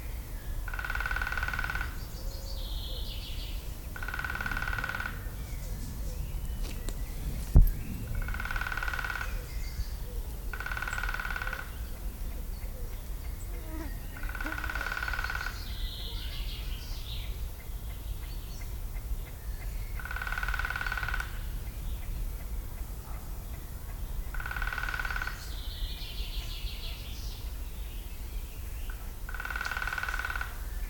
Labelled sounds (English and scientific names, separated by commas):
Common Chaffinch (Fringilla coelebs)